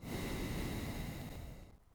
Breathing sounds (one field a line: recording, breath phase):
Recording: one breath near a microphone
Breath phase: exhalation